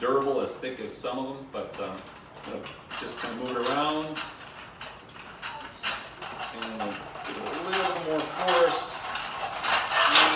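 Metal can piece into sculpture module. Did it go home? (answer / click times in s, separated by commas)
no / none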